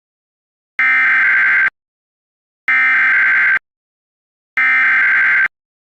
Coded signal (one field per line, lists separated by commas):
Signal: Emergency Alert System (SAME) tones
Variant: header bursts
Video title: EAS Scenario 10: Alternates